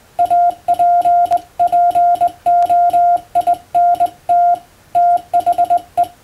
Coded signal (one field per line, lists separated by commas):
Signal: Morse code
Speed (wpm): 20 wpm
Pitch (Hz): 700 Hz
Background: none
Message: APPOINT THE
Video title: 無線従事者国家試験総合無線通信士電気通信術のトレーニングにＣＷを打ってみました。アマチュア無線ハムの受信練習にもどうぞ(morse code practice for radio operator )